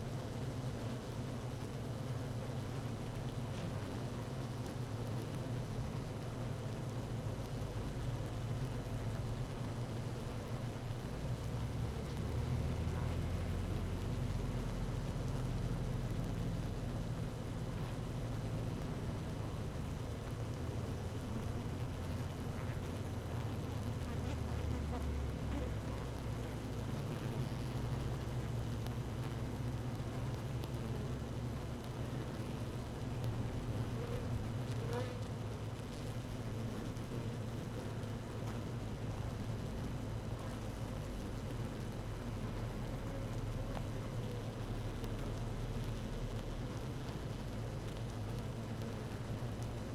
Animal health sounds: honeybee colony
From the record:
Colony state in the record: active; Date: 12 June 2018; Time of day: 15:27

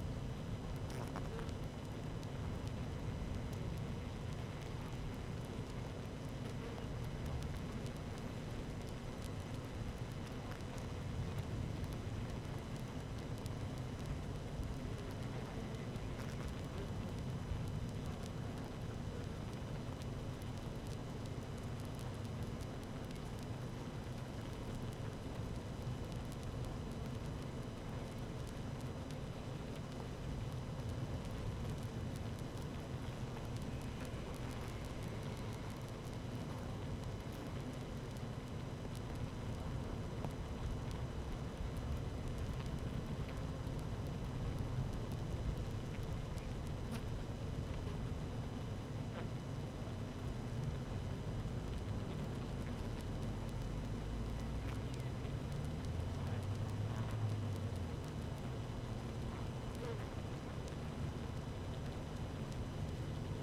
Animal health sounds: honeybee colony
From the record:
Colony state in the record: active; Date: 12 June 2018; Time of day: 13:36

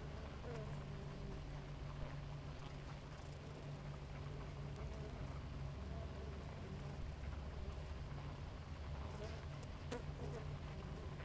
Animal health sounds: honeybee colony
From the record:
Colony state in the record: active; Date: 28 July 2017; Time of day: 4:35

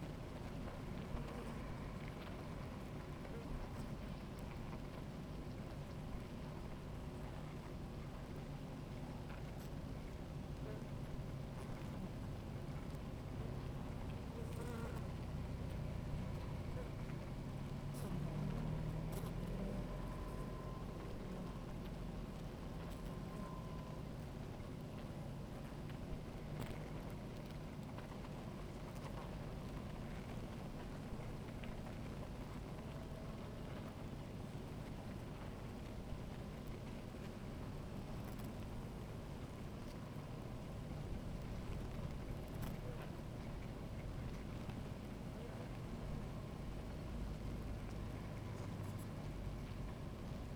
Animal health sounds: honeybee colony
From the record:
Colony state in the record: active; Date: 28 July 2017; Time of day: 16:58

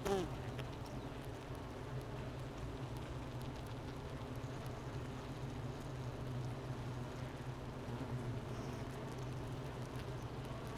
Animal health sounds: honeybee colony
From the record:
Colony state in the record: missing queen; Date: 31 May 2018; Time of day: 10:19

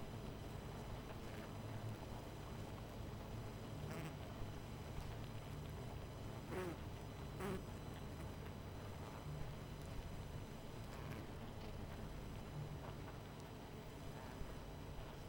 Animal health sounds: honeybee colony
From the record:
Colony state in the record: missing queen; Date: 14 July 2017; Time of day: 22:14

